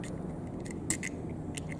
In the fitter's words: you don't press the button it's not gonna work you heard it pop in place listen